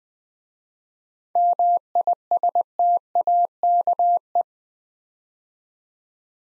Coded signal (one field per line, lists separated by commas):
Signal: Morse code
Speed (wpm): 20 wpm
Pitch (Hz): 700 Hz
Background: none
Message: MISTAKE